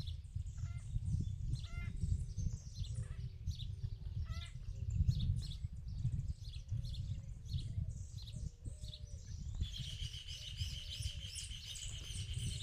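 Small birds chirp in the countryside, quick bright tweets and short trills scattered throughout. A steady low rumble, like wind, sits underneath. After about ten seconds a high, continuous buzzing trill joins in and holds to the end.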